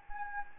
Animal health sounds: mosquito wingbeat signal from an infrared sensor; Anopheles gambiae

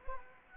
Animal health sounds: mosquito wingbeat signal from an infrared sensor; Anopheles arabiensis

